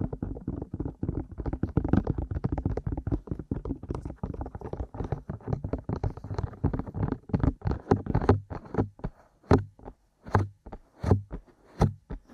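Ear massage and tapping, with dense, rapid rubbing and pattering sounds that are heavy and muffled, mostly low and thumping. After about eight seconds the sounds thin out into separate, sharper taps with brief silences between them, some with a crisp bright edge.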